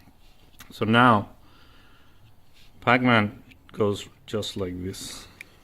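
A 3D-printed plastic "pac-man" diff-cover holder is fitted onto an RC AR60 axle diff housing while someone talks, with soft handling noise between the phrases. The part has not seated or clicked into place yet.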